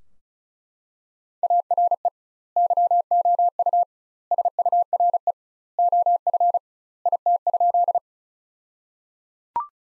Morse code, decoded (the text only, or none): ARE YOU SURE OF IT?